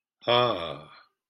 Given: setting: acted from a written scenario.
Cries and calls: vocal sound without words; relief

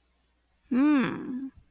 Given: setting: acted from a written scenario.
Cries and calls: vocal sound without words; confusion

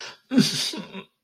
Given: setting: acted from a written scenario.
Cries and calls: vocal sound without words; guilt

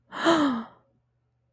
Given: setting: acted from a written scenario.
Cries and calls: vocal sound without words; realization

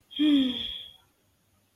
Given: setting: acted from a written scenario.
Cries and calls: vocal sound without words; contentment

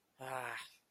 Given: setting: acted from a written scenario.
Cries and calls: vocal sound without words; anger

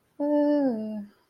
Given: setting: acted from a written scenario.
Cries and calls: vocal sound without words; neutral

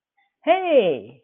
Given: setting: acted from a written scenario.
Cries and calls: vocal sound without words; pride

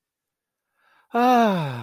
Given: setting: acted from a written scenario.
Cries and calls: vocal sound without words; ecstasy

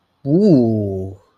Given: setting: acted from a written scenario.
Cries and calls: vocal sound without words; desire

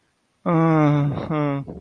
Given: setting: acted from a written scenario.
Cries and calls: vocal sound without words; romantic love

